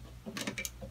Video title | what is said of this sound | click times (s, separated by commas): Steve Bright & the CC 24 Ovation pt 2 - Electronics Reworks | So that just snaps into place, which it did. | 0.6 s